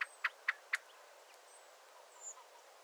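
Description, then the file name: Common blackbird calls: four sharp, clicking notes in quick even succession, then quiet with faint bird sounds. "Turdus merula"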